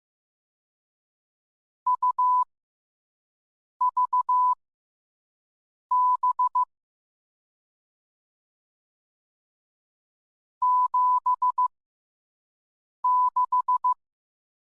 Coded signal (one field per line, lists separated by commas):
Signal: Morse code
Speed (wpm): 15 wpm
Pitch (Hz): 1000 Hz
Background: none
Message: UVB76